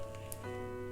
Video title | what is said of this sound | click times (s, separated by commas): Apple Watch Series 6 Strap/How to connect Apple Smartwatch to the strap! | can you hear that little click it's very silent but you can hear it and then you have your clock your wristwatch | 0.3 s